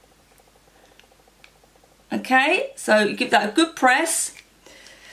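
A metal press stud is lined up in Prym Vario hand pliers to be squeezed through fabric. Faint small ticks come at about 0.4, 1.0 and 1.4 s, then someone talks from about 2.1 to 4.5 s over a quiet background. Nothing has seated or clicked yet; the stud is handled but not yet home.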